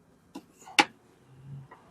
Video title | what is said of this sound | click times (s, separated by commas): Jeep Wrangler 3.6 Oil Filter Cooler Housing Change Replacement | they snap right in with no problem | 0.8 s